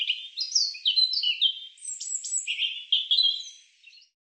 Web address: cianscape birddata Deverinetal 2025 Bird Er Ru